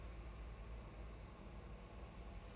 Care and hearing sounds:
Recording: daily activity, microphone in the room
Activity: take from stove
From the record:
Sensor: 2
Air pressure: 991.9 hPa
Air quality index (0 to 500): 233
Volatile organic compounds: 1000 ppm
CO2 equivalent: 7833 ppm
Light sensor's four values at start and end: 18/56/22/20 and 18/56/22/20

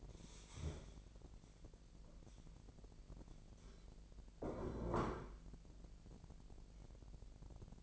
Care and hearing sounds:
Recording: daily activity, microphone in the room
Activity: stand up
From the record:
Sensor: 5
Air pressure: 1001.7 hPa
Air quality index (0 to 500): 249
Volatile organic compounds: 31 ppm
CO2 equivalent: 2987 ppm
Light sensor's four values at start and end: 46/106/44/44 and 46/106/43/44

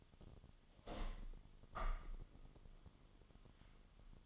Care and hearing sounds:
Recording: daily activity, microphone in the room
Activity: open window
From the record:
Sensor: 4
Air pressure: 1005.5 hPa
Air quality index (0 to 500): 98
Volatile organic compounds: 2 ppm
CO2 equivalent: 1210 ppm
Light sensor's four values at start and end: 13/29/11/11 and 13/29/12/11

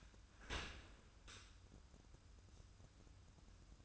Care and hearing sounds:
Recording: daily activity, microphone in the room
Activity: open dishwasher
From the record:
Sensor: 2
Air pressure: 994.3 hPa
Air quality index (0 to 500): 213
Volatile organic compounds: 1000 ppm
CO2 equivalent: 7048 ppm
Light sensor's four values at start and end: 149/358/152/159 and 150/359/153/160

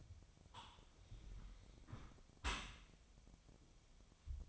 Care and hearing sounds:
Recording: daily activity, microphone in the room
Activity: close dishwasher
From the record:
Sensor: 1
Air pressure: 1006.8 hPa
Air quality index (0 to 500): 208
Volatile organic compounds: 24 ppm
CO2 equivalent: 2804 ppm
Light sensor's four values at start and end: 12/31/12/14 and 12/32/12/14

